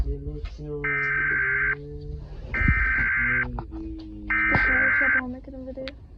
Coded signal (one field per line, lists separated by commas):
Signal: Emergency Alert System (SAME) tones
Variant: header bursts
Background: speech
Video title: Eas scenario sonic exe / waring it could be creepy